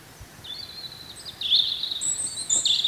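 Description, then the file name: European robin song: a thin, high warbling phrase of sustained whistles and quick trills, climbing higher near the end, over faint background hiss. "Erithacus rubecula"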